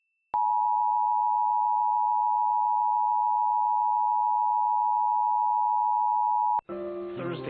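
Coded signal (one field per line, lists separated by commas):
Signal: Emergency Alert System (SAME) tones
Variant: 853 and 960 Hz attention tone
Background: music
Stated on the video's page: Required Monthly Test in Washington DC, broadcast on a television station during a children's programme.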